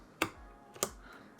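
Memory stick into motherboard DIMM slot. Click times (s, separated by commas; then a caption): 0.2 s, 0.8 s. A Kingston Fury Beast DDR4-3600 memory stick from a 32 GB kit is lined up by its notch, slid into a motherboard DIMM slot and pushed down until the latches click. Two sharp clicks are heard at 0.2 s and 0.8 s over a quiet background, and the stick is seated.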